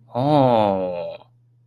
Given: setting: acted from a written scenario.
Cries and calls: vocal sound without words; realization

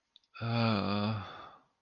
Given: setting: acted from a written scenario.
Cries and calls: vocal sound without words; shame

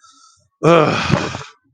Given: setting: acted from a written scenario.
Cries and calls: vocal sound without words; anger

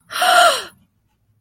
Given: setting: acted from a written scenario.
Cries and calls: vocal sound without words; awe

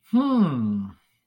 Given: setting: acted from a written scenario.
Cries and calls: vocal sound without words; interest

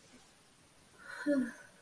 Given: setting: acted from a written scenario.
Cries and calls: vocal sound without words; romantic love

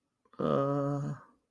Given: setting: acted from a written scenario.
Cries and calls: vocal sound without words; embarrassment

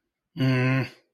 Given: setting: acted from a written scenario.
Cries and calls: vocal sound without words; shame

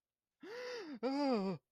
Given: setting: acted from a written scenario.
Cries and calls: vocal sound without words; negative surprise

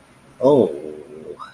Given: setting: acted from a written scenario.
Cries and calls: vocal sound without words; shame

